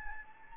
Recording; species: mosquito wingbeat signal from an infrared sensor; Anopheles gambiae